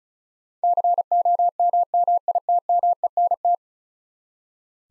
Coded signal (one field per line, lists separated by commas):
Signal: Morse code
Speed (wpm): 36 wpm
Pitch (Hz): 700 Hz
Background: none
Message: COMMITMENT